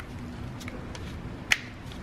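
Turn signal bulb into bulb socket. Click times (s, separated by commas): 1.5 s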